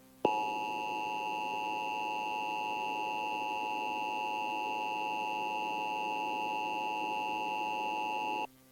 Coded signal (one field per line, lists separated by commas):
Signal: Emergency Alert System (SAME) tones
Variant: 853 and 960 Hz attention tone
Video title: Emergency alert system tornado warning in 2004